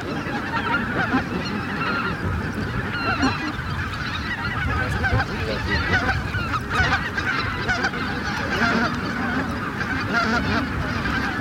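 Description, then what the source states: Greater white-fronted goose: a dense flock calling, many overlapping honks and yelps forming a continuous chattering chorus. Flock chatter recorded for use in an electronic hunting caller as a lure.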